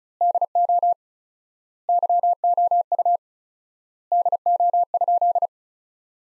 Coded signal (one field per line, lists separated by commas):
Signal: Morse code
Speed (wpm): 36 wpm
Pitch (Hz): 700 Hz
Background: none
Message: DO YOU DO?